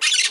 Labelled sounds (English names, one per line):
Brown-throated Parakeet contact call